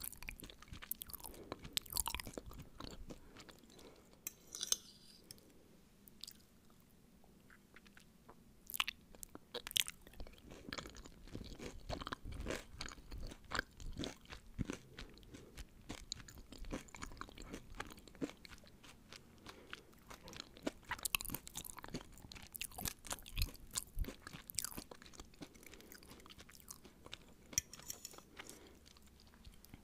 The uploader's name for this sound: Eating only